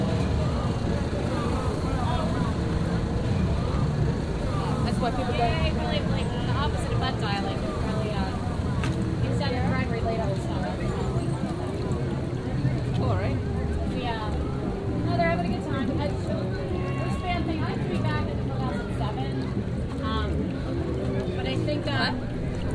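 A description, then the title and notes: Dense crowd chatter at a state fair, steady, with many overlapping voices, a low rumble of engines, and occasional brighter calls. Recordings of the 2009 New Jersey State Fair made by Dan Bodah at the Sussex Co. Sussex Co. Fairgrounds, Frankfort, NJ.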